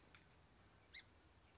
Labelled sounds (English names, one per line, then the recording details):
Song Sparrow
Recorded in Sonoma County, California